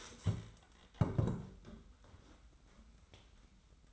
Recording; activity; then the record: daily activity, microphone in the room; stand up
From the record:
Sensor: 3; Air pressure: 990.4 hPa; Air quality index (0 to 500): 169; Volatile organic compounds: 1000 ppm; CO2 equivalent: 5478 ppm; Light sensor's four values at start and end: 45/106/43/41 and 45/106/43/41